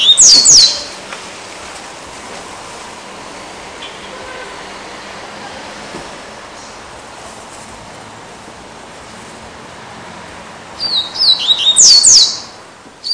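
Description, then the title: Double-collared Seedeater song, a short burst of high sweeping notes at the start and another near the end, with quiet background in between. "Canto Coleiro"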